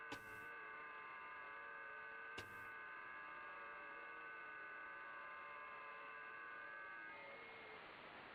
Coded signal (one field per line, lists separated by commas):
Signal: FT8